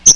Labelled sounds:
Chestnut-sided Warbler (Setophaga pensylvanica) flight call

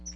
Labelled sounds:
Chestnut-sided Warbler (Setophaga pensylvanica) flight call

